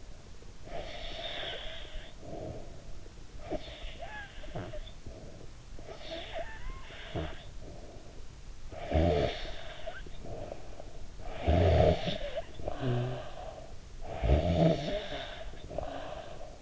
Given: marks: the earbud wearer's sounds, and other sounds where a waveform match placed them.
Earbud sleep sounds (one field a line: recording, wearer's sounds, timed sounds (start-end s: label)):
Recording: sounds in sleep by an in-ear microphone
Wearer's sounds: snoring breath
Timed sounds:
0.52-3.09 s: snoring breath
3.29-8.27 s: snoring breath
8.61-13.76 s: snoring breath
13.90-16.61 s: snoring breath